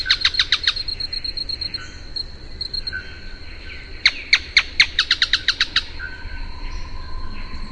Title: LuckyPassaro Completos2Sama. Canebrake Groundcreeper (Clibanornis dendrocolaptoides)